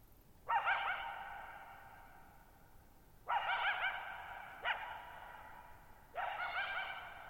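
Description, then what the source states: Coyote barks, four rough quavering calls at uneven spacing, each echoing on as the next begins. Lone coyote at night, July 14, 2019, Thirtymile Meadows, Okanogan National Forest, Okanogan High Country, Pacific Northwest, 6400 ft (1950 m); high dry plateau, shallow-bowl meadow with boggy ground.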